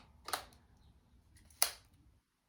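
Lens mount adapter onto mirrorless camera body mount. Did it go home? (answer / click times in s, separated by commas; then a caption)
yes / 1.6 s. An EF-RF lens mount adapter is lined up red dot to red dot with the mount of a new Canon mirrorless camera body and twisted until it locks. A brief scrape or rattle at about 0.3 s is followed by a sharp, bright click at 1.6 s as the adapter seats on the camera body.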